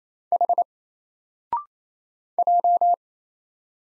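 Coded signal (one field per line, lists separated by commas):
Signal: Morse code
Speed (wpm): 28 wpm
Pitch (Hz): 700 Hz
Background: none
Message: H J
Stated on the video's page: Single Morse letters at 28 wpm, each sent, then spoken after a 0.6-second pause, then sent again; character recognition drill.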